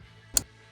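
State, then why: Seated. A headlight bulb on a 2008–2020 Dodge Grand Caravan is reinstalled into its wiring plug, with the line on the bulb's plug side lined up with the plug's mark and pressed down. A single sharp click sounds at 0.4 s against a low background hum. The bulb is confirmed fully seated in the plug.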